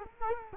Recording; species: mosquito wingbeat signal from an infrared sensor; Culex quinquefasciatus